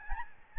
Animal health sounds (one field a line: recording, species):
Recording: mosquito wingbeat signal from an infrared sensor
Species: Aedes albopictus